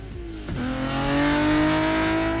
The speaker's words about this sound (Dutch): Ja, dit zijn auto's die met 200 km per uur tussen de weilanden in Twente doorracen. Dat is dus de Twente Rally. En dat trok veel enthousiast publiek, horen we bij RTV Oost.